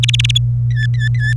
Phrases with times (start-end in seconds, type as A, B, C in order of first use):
0.03-0.31 A, 0.70-1.34 B